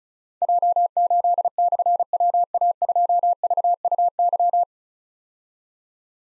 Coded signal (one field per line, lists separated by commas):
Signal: Morse code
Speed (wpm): 34 wpm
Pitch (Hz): 700 Hz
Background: none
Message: J8/WA2VUY